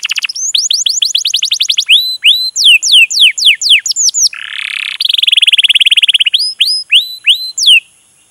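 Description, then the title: Canary song: quick runs of rising and falling slurred notes and fast buzzy rolls, shifting between phrase types every second or two, with a steady high whistle over much of it. Canary lure recording to prompt canaries to sing, featuring long, continuous vigorous singing. "PANCINGAN Kenari GACOR PANJANG. Pancingan Gacor Masteran"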